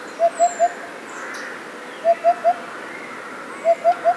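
Eurasian hoopoe song with soft, even 'poo-poo-poo' triplets, three phrases about one and a half seconds apart.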